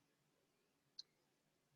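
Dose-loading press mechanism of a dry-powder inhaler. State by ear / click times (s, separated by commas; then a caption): seated / 1.0 s. The top of a plastic Swinghaler dry-powder inhaler is pressed down once to load a dose, driving its dose-loading mechanism. A single sharp click is heard at 1.0 s against a quiet background. The click shows the dose has been loaded and the mechanism has seated.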